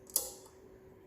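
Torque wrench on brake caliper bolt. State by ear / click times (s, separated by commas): torque reached / 0.1 s, 0.2 s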